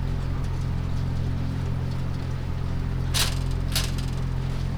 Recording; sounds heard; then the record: poultry house recording; no chicken sound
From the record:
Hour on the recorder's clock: 1